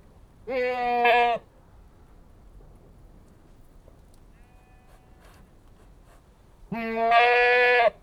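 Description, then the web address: Anglo-Nubian goat giving two strong bleats several seconds apart, with near silence between. One Anglo-Nubian goat, bleating. "BBC Sound Effects Library. One Anglo-Nubian Goat Bleating"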